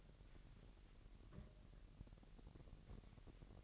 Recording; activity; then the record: daily activity, microphone in the room; take from stove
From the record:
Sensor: 4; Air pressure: 1012.9 hPa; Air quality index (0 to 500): 238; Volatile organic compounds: 4 ppm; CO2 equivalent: 1583 ppm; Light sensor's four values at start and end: 29/69/28/27 and 29/69/28/27